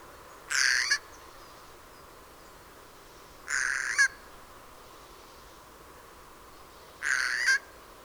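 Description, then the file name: Eurasian jay giving harsh, rasping screeches, three hoarse bursts of about half a second each, spaced roughly three seconds apart over a steady low hiss. "Eichelhäher Gesang"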